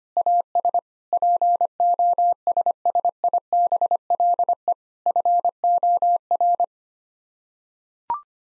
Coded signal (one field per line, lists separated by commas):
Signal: Morse code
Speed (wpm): 25 wpm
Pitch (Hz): 700 Hz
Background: none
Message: AS POSSIBLE FOR